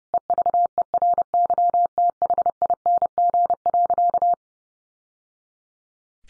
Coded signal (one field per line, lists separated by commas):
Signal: Morse code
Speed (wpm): 28 wpm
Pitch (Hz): 700 Hz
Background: none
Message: EVERYTHING.